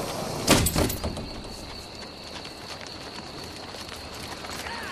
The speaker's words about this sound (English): Open the door, open. Allahu Akbar! They're opening the doors!